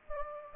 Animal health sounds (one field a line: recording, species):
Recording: mosquito wingbeat signal from an infrared sensor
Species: Anopheles gambiae